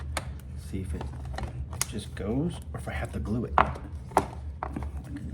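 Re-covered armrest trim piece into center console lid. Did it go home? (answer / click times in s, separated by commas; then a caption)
yes / 4.2 s, 4.6 s. A re-covered plastic trim piece from a 2015 Toyota Camry center console armrest is pushed by hand, without glue, into its mount in the console lid while glue elsewhere dries, as someone talks. Sharp snapping clicks are heard at 4.2 s and 4.6 s, with a few faint ticks around them, as the piece snaps into place and seats.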